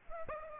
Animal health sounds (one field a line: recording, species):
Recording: mosquito wingbeat signal from an infrared sensor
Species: Aedes aegypti